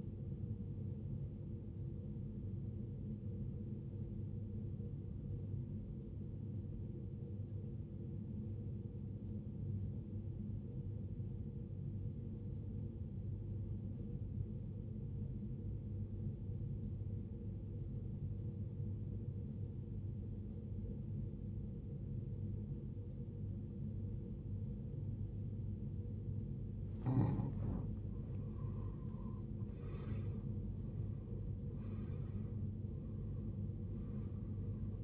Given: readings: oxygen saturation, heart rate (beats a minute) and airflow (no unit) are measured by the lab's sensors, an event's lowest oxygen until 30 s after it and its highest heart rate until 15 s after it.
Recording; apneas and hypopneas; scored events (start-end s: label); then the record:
breathing in sleep by a smartphone at the bedside; 1
5.00-35.04 s: new sleep stage, REM sleep
6.00-28.70 s: obstructive apnea (REM, oxygen 95% highest, then 84% lowest, heart rate 61 at the start, 82 highest)
From the record:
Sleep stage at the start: N1 (lightest sleep); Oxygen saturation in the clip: 88 to 95%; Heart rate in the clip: 53 to 81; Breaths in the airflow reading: 3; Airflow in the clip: -17.7 to 15.5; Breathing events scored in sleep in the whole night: 389 in 6.3 hours asleep